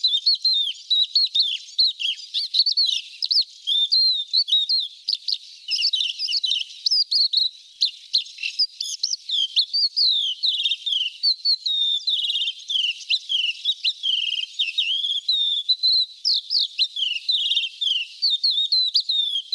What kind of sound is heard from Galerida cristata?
song